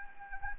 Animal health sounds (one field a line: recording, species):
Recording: mosquito wingbeat signal from an infrared sensor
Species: Anopheles gambiae